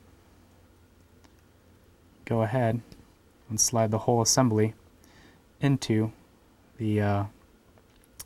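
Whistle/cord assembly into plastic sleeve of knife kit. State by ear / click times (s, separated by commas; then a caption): seated / 8.2 s. Someone talks while sliding the whole cord-and-whistle assembly of an Esee Izula II small survival knife kit into its plastic sleeve and pushing it in. A sharp click comes at 8.2 seconds, the sign that the assembly is seated and everything is secure.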